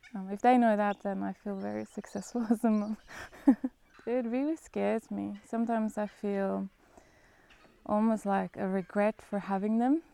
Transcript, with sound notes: Um, if they know that, then I’ll feel very successful as a mum (laughs) It really scares me. Sometimes I feel almost like a regret for having them.